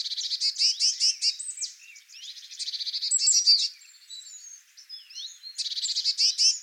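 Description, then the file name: Eurasian blue tit giving fast, scratchy churr bursts, broken by a few thin gliding notes, then another quick buzzy run at the end. "Cyanistes caeruleus"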